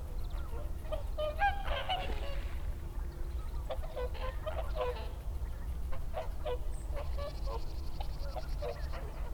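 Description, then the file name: Whooper swan calls, scattered honking notes from several birds over a low rumbling background. Recorded 30 December 2009. "20091230 oohakutyo"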